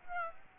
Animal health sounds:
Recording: mosquito wingbeat signal from an infrared sensor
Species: Aedes aegypti

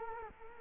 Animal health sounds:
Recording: mosquito wingbeat signal from an infrared sensor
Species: Culex quinquefasciatus

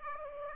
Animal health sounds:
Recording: mosquito wingbeat signal from an infrared sensor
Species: Aedes aegypti

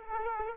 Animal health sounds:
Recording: mosquito wingbeat signal from an infrared sensor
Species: Aedes aegypti

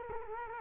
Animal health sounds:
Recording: mosquito wingbeat signal from an infrared sensor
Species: Culex quinquefasciatus

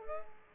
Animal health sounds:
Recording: mosquito wingbeat signal from an infrared sensor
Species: Culex pipiens

